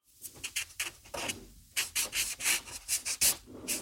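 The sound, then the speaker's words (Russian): A felt-tip marker scrapes and squeaks across paper in a quick series of about a dozen strokes, its harsh, high-pitched rubbing sounding on its own with short pauses between strokes. “Вот, например, звук фломастера. Действительно, он гораздо менее приятный, чем звук карандаша.”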